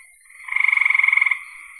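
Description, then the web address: Frog call: one loud, rapidly pulsed trill of under a second, framed by faint steady buzzing before and after. "cn frogs"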